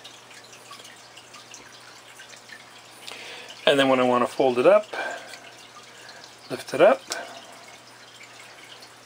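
Someone talks while lifting the folding arm of a home-built drone frame and swinging it over toward its locking mechanism, with faint handling knocks around 1.5 s and 3.1 s over a low background hiss. Nothing has seated or clicked yet.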